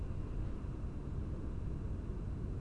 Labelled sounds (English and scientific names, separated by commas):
none